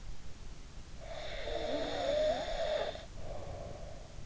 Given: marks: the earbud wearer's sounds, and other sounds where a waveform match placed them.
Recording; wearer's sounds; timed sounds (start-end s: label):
sounds in sleep by an in-ear microphone; snoring breath
0.90-4.10 s: snoring breath